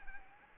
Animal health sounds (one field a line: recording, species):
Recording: mosquito wingbeat signal from an infrared sensor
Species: Anopheles arabiensis